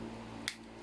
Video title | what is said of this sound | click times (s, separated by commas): Let's Build: Super Nova Heavyarms Beam Gatlings | see you'll hear some snaps like that and | 0.5 s